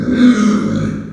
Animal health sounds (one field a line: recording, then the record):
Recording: squeal of a Yucatan mini pig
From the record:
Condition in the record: after surgery on the right vocal fold (resection and tissue-engineered implant)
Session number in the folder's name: 9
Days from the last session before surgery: 65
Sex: female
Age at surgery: 19 weeks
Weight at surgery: 25 kg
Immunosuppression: prednisolone